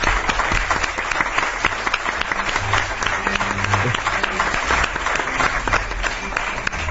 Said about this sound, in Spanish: Un aplauso